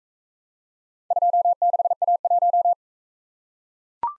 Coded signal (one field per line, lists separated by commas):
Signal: Morse code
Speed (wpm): 44 wpm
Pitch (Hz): 700 Hz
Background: none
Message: 26A1